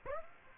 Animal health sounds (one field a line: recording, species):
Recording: mosquito wingbeat signal from an infrared sensor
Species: Aedes aegypti